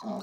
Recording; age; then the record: pig call; piglet (1 to 25 days)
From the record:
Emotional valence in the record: negative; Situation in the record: short isolation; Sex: female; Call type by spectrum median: low-frequency call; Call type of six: mixed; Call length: 0.22 s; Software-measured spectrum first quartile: 221 Hz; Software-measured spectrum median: 454 Hz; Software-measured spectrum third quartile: 828 Hz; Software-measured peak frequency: 216 Hz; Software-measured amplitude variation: 105 dB a second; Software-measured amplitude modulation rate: 24.6 a second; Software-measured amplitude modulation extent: 4.3 dB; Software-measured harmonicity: 4.9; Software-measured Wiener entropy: -0.45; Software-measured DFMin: 819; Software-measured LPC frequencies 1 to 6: 674, 2297, 4145, 5357, 5906, 6791 Hz